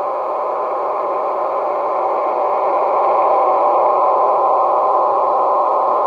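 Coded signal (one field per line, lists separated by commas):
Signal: numbers station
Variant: HM01 digital mode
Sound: continuous rushing, hiss-like digital data signal with no spoken words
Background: radio static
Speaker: number station hmo1 hybrid station call up in Spanish and then into digital mode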